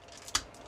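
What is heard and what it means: The head joint of a plastic Transformers Cybertron Wing Saber transforming-robot toy is raised during its transformation until it clicks into its locked position. A faint tick at about 0.3 s is followed by a sharp, bright click at 0.4 s, and the head is seated.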